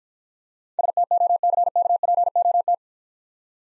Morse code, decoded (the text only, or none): STOCKPOT